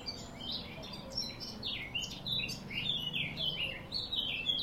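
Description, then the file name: Eurasian blackcap singing a steady stream of quick warbled notes, with a low background rumble. "Sylvia atricapilla"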